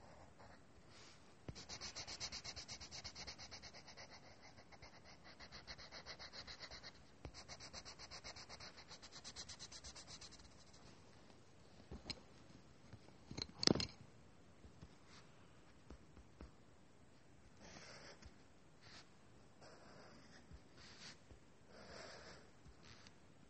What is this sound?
drawing and writing sounds